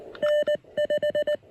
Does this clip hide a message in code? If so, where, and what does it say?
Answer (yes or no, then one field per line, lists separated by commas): yes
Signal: Morse code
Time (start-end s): 0.2-1.4 s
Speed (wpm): 19 wpm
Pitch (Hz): 600 Hz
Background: none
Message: N5